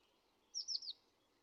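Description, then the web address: Eurasian blue tit calling: three quick high thin notes, each sliding downward, in a brief burst against faint background hiss. Early morning. "Fontainebleau Demo. blue tit"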